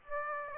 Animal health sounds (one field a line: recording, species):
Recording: mosquito wingbeat signal from an infrared sensor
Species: Aedes aegypti